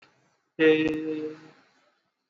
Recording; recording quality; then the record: sustained vowel as in made; excellent, no background noise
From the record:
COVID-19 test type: RT-PCR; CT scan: not taken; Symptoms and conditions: cough, cold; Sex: male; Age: 21 years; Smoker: no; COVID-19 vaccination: both doses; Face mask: worn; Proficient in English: yes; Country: India